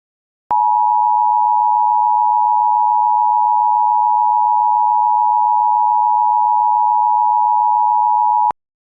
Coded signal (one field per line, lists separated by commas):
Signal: Emergency Alert System (SAME) tones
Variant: 853 and 960 Hz attention tone